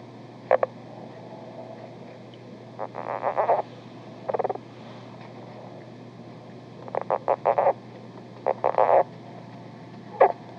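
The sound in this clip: Lowland leopard frog giving brief pulse trains and grating rattles, sometimes several quick pulses in a row, spaced by quiet gaps over a faint steady hum.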